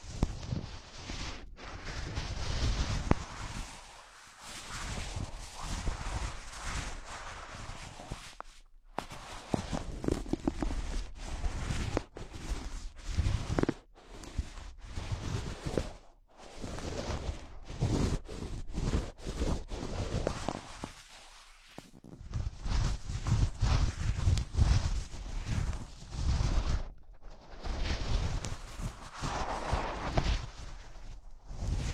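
Gloves being handled and rubbed, a dense run of scuffing, rustling and thumping with brief silent pauses scattered throughout.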